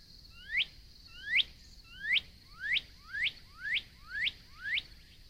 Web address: Northern Cardinal